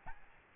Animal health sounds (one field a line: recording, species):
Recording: mosquito wingbeat signal from an infrared sensor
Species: Aedes albopictus